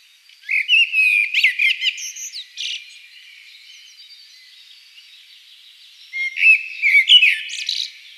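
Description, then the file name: Common blackbird song: two warbled, fluting phrases with higher squeaky twitters at the end, separated by a pause of a few seconds. "Turdus merula"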